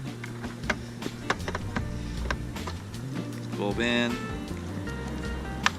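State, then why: Seated. A taillight bulb socket on a Honda Odyssey van is put back into the plastic taillight housing and given a turn while someone talks over background music. After a few lighter ticks, a sharp click at 5.7 s marks the socket snapping in and seating in place.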